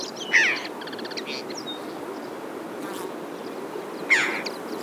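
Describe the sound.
Red-billed chough giving two harsh calls about four seconds apart, with thin high notes between them and a steady background hiss.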